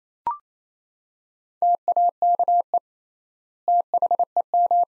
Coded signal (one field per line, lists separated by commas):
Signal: Morse code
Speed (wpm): 28 wpm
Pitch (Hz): 700 Hz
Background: none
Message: TAKE THEM